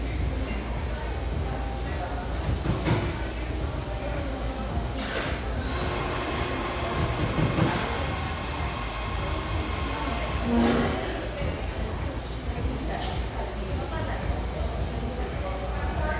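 Bustling café background noise: a steady, dense wash of overlapping chatter over a low constant rumble. Brief clinks and clatters stand out around five, eight and eleven seconds, with a short tone near the eleven-second mark.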